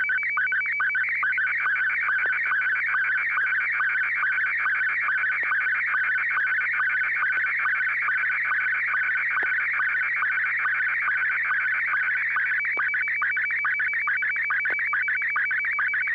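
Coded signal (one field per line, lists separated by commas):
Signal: SSTV (slow-scan television)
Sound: steady warbling, chirping tone with a rapid regular rhythm throughout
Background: low hum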